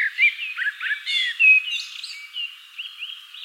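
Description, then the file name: Common blackbird producing a dense stream of slurred, warbling notes, loud at first and then softer, thinner whistles toward the end. "Turdus merula"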